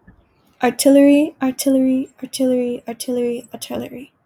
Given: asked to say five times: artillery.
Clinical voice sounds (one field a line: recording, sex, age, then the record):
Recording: repeated word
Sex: female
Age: 20 to 29 years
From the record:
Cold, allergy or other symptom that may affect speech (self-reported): no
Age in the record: 22 years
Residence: California, United States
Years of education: 12